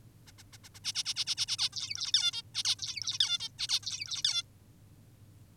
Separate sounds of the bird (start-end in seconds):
0.27-0.32, 0.38-0.43, 0.53-0.58, 0.64-0.69, 0.75-0.80, 0.84-0.93, 0.95-1.04, 1.05-1.14, 1.16-1.25, 1.27-1.35, 1.37-1.46, 1.48-1.57, 1.59-1.69, 1.73-2.12, 2.14-2.32, 2.33-2.42, 2.54-2.63, 2.65-2.76, 2.79-3.18, 3.20-3.39, 3.40-3.49, 3.59-3.68, 3.69-3.80, 3.83-4.23, 4.24-4.43